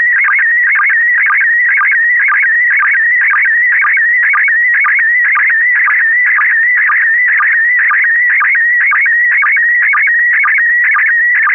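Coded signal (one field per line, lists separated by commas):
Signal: SSTV (slow-scan television)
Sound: continuous warbling tone with regular short low sync blips about twice a second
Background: FM radio hiss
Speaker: kp4md if you're not ready i could send something but if you are ready go ahead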